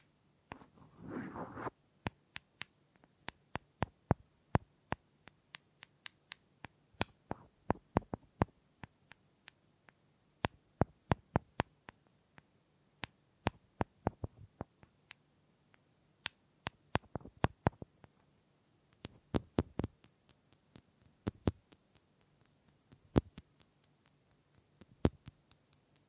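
Sharp wooden taps and clicks arrive in irregular bursts, after a brief scratchy rustle at the start, over a faint steady low hum.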